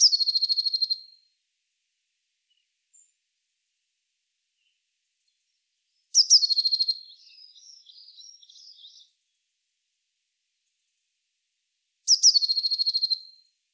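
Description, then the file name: Eurasian blue tit repeating a harsh pulsed churr roughly every six seconds, three bursts in all, with faint chattering after the second. "Cyanistes caeruleus"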